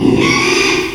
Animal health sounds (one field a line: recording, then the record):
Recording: squeal of a Yucatan mini pig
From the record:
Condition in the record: after surgery on the right vocal fold (resection and tissue-engineered implant)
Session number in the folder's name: 1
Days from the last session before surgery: 6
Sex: male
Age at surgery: 12 weeks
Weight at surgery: 13 kg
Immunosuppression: cyclosporine, prednisolone